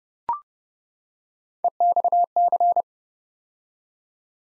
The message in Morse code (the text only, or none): EXC